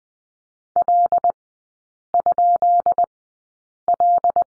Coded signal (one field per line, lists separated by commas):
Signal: Morse code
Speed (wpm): 20 wpm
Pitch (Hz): 700 Hz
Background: none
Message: L?L